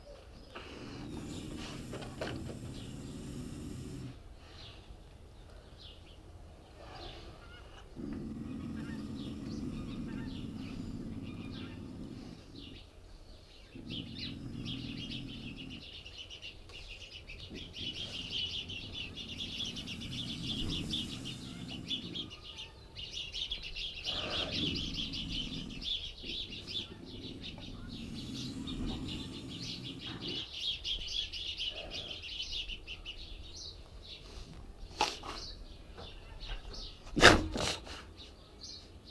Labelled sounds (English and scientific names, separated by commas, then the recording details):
Eurasian Lynx (Lynx lynx)
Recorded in captivity
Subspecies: lynx
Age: juvenile
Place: Tierpark Berlin, Berlin, DE
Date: 1968-03-24 11:00
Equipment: R 20/1, Sennheiser MD 421
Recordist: Tembrock, Günter